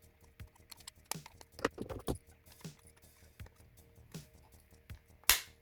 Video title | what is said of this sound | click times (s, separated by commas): Rutku BB-20 Assembly | they are aligned everything snaps into base | 5.3 s